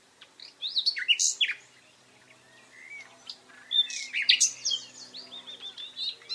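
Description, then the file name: Common nightingale singing varied whistled and sharp notes in two loud phrases separated by a quieter pause. "Luscinia megarhynchos"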